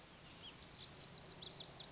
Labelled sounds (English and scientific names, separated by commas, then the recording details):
Lazuli Bunting (Passerina amoena)
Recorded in Sonoma County, California